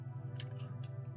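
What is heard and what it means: The plastic tailgate of a transforming toy SUV is flipped down and its small tabs are pressed into their slots at the rear. A sharp plastic click at 0.4 s, followed by a fainter tick at 0.8 s, sounds over a steady low tonal hum. The tabs snap into place and the tailgate is confirmed seated.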